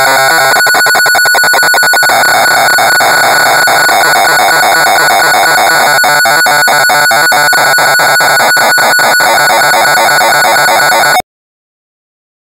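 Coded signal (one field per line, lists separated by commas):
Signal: computer data on cassette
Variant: Amstrad CPC 464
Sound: harsh buzzing screech with rapid regular pulsing and whining tones, then abrupt silence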